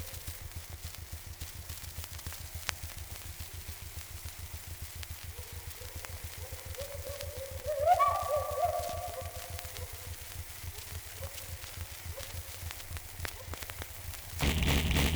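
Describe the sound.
Gibbon call, soft hoots building into one sharply rising whoop midway, amid steady noisy hum and a loud rushing burst at the very end.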